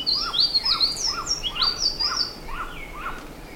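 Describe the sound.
Bird giving high, quick chirping notes that rise and fall, several in a row, with lower chirps running beneath.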